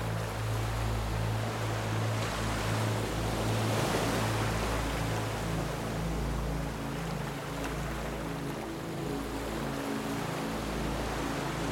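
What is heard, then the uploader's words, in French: Gentle waves wash in a dense, even hiss that holds steady throughout, swelling slightly around the four-second mark before settling back. Underneath, low sustained tones hum continuously, forming a soft, deep drone beneath the surf. S'ENDORMIR avec le Son des VAGUES et une MUSIQUE Douce. Le doux bruit des vagues et des mélodies apaisantes.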